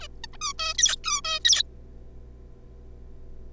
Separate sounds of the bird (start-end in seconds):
0.01-0.07, 0.24-0.26, 0.33-0.37, 0.41-0.53, 0.59-0.74, 0.78-0.96, 1.04-1.21, 1.24-1.39, 1.45-1.63